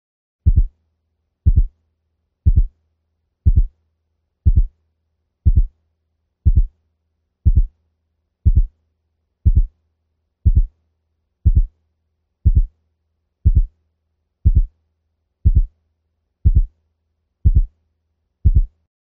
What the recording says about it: To help you recognize split heart sounds, let us listen to some transient sounds separated by various intervals. Using a heart rate of 60 beats per minute, we will listen first to a splitting of 0.08 seconds.